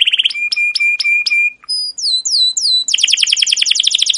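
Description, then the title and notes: Canary song: a brief buzz, a series of sharp clicking notes, clear descending whistles, then a dense rapid chirping trill. Captive canary, long continuous chirping song used as a training track for young canaries to learn song. "CUIT CUIT NGEROL LANGSUNG GACOR PANJANG Kenari Ini AMPUH Utk Pancingan KENAR. PANCINGAN Kenari GACOR PANJANG Cuit CUIT EMOSI ini AMPUH utk MASTERAN Kenari PAUD belajar BUNYI. burung kenari"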